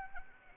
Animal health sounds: mosquito wingbeat signal from an infrared sensor; Anopheles arabiensis

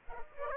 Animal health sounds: mosquito wingbeat signal from an infrared sensor; Aedes aegypti

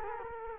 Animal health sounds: mosquito wingbeat signal from an infrared sensor; Culex quinquefasciatus

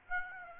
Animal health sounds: mosquito wingbeat signal from an infrared sensor; Aedes aegypti

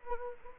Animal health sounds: mosquito wingbeat signal from an infrared sensor; Anopheles arabiensis

